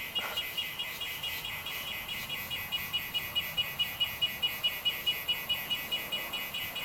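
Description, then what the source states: Cicadas in a dense, steady chorus of high buzzing pulses, repeated rapidly and regularly, over low background noise. Very strong cicada chorus recorded in the morning in a community.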